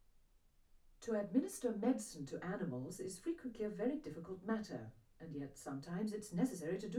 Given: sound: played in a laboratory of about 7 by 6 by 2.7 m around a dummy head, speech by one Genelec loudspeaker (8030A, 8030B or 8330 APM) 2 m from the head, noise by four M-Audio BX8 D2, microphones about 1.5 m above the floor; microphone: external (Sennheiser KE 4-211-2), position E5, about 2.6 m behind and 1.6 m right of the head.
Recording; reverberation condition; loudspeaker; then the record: female speech in English; low; 60 degrees to the right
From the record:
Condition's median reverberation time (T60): about 310 ms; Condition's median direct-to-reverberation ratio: about 3.5 dB